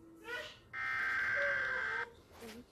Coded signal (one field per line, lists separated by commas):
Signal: Emergency Alert System (SAME) tones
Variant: header bursts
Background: speech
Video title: EAS Scenario #1 2012 the movie in UK